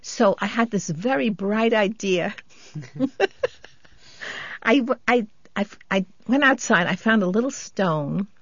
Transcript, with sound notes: So I had this very bright idea. ( she laughs ) I — I -- I went outside, I found a little stone,